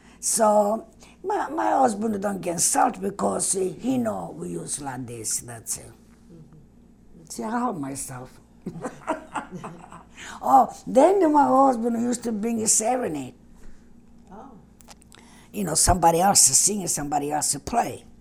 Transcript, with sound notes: So, my husband don't get insulted, because he know we was like this, that's it. I can't help myself. ( they laugh ) Oh, then my husband used to bring a serenade. You know, somebody else singing, somebody else play.